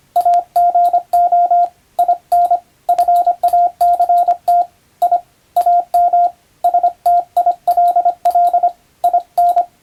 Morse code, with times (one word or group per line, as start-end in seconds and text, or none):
0.2-1.6 AGO
2.0-2.6 IN
2.9-4.6 FACT
5.0-5.2 I
5.6-6.3 AM
6.6-8.7 STILL
9.0-9.6 IN